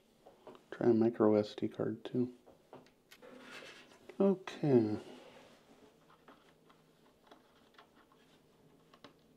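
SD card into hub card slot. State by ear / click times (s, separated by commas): not seated / none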